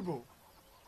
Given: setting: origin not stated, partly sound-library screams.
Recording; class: one-second piece from a danger detection set; normal situation